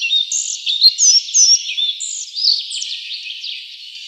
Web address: Schulze Peter Collared Flycatcher song